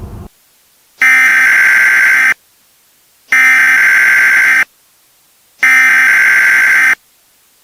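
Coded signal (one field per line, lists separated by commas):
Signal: Emergency Alert System (SAME) tones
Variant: header bursts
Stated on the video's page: Compilation of six homemade EAS scenario videos, fictional alerts.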